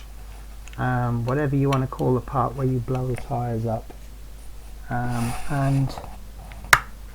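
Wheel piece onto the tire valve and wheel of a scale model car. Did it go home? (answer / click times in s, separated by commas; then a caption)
yes / 6.7 s. Someone talks while a wheel piece of a scale model Ghostbusters Ecto-1 car is fitted with its hole over the tire valve of a rear wheel and pushed home. A sharp, loud snap at 6.7 s marks the piece clicking into place, and it is seated.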